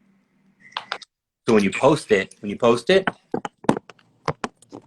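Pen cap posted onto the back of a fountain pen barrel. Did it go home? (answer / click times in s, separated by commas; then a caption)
yes / 4.4 s. A fountain pen cap is posted onto the back end of the barrel, snapping and locking in place with a sharp click at 4.4 s. Someone talks over the first half, and a few other short taps and clicks come before the final snap.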